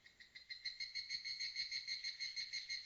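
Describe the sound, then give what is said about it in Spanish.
A cicada sings on its own in a small village in late summer, a high, steady buzzing drone that pulses rapidly and evenly for the whole few seconds, with no voices or other sounds. “Desde algún lugar resonaba el canto de una cigarra, como si intentara desesperadamente retrasar el inevitable final del verano.”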